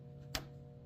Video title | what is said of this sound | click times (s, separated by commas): John Deere D105 Maintenance How-To | You'll hear a little click. | 0.3 s